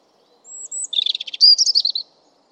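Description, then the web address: European robin singing: two high drawn-out whistles lead into a fast stuttering run, then bright warbled notes that slide downward to finish. "Deverinetal 2025"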